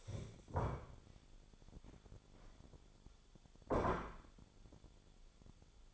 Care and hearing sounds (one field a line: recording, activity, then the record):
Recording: daily activity, microphone in the room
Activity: stand up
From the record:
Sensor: 5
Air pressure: 1015.3 hPa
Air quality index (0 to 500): 174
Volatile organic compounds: 6 ppm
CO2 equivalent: 1882 ppm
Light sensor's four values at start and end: 37/84/34/33 and 37/84/34/33